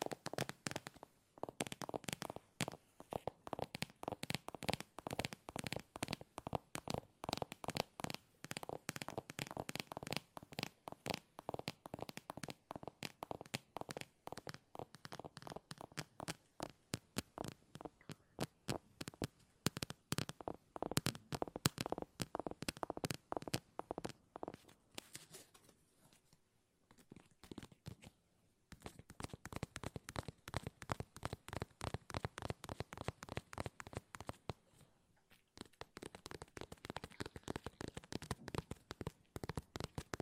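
Fast tapping runs almost without a break, a dense stream of sharp, crisp taps reaching from low thuds up to bright clicks. The pace stays quick and fairly even, with a short lull near 26 seconds and another just past 35. No voice is heard.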